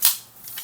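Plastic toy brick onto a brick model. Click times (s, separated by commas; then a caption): 0.0 s. A LEGO plastic brick is pressed onto a brick model from the LEGO City 2024 Space Explorers Pack 60441, giving a single sharp snap at 0.05 s. Faint, quieter sounds follow afterward, and the brick is seated in place.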